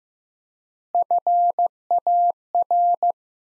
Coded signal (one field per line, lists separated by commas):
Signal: Morse code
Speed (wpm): 15 wpm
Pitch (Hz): 700 Hz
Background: none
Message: FAR